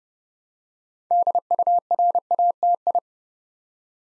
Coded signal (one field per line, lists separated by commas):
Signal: Morse code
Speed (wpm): 30 wpm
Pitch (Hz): 700 Hz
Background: none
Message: DURATI